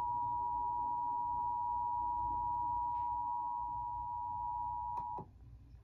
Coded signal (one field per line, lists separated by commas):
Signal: Emergency Alert System (SAME) tones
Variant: 853 and 960 Hz attention tone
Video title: This was unexpected...EAS Tests From March 22, 2021 (EAS #906-910)